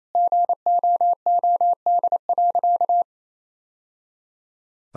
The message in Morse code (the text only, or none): GOOD.